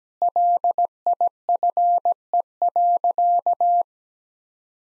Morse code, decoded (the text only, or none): LIFE.